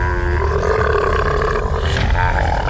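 A dog growls aggressively without pause, a loud, harsh, low rumbling snarl that holds steady for a few seconds with slight rises in intensity.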